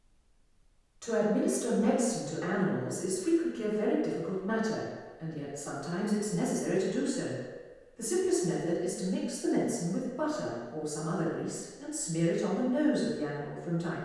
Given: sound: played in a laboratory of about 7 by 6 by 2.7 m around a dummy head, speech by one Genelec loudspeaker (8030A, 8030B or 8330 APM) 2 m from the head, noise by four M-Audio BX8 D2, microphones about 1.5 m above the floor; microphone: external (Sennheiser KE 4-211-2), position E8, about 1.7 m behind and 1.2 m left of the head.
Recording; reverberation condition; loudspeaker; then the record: female speech in English; high; 30 degrees to the left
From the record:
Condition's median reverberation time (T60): about 1300 ms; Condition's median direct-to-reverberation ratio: about -4.0 dB